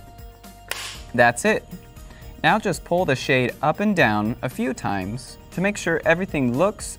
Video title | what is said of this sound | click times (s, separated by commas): How to Install Inside Mount Roller Shades with Cassette | it catches on the back of the brackets and snaps into place that's | 0.7 s